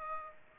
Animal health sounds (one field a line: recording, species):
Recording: mosquito wingbeat signal from an infrared sensor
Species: Aedes aegypti